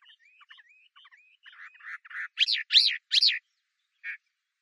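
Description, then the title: Chinese hwamei with soft twittering notes building into three loud, harsh buzzy notes and one final short note. "画眉鸟的叫声"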